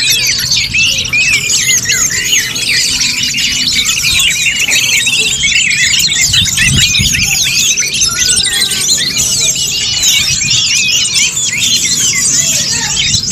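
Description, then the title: Dense bird chatter, countless high chirps and twitters overlapping steadily, with a brief low thump midway. "SuaraBurung Kicau"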